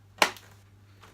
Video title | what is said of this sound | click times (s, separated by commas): SEBO Automatic X4 Pet Eco Boost Unboxing & Quick Demo | on top and then push down till you hear a click easy | 0.2 s